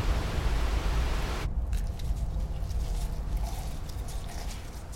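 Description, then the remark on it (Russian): A waterfall beside a small house standing on rocks, on a clear day, roars steadily, a bright full hiss for the first second or so, then settling into a darker, constant rushing rumble with no voices. “Возле небольшого дома, стоящего на камнях, не спадает водопад.”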